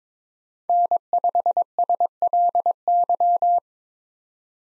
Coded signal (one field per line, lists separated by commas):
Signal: Morse code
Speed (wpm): 22 wpm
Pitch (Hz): 700 Hz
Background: none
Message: N5SLY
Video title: 2023 POTA Hunter Call Signs - 22wpm